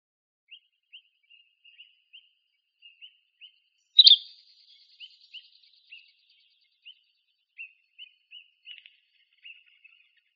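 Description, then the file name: Buff-breasted flycatcher giving short, high, clipped call notes at irregular intervals, with one louder, harsher note near the four-second mark. Arizona, 3 August 2006. "deviche"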